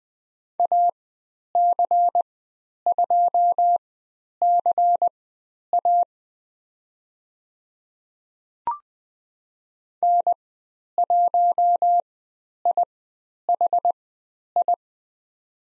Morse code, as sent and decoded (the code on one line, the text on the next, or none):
.- -.-. ..--- -.-. .- / -. .---- .. .... ..
AC2CA N1IHI